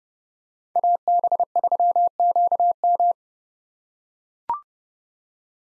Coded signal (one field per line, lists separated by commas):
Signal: Morse code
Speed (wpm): 30 wpm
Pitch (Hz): 700 Hz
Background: none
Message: AB3QM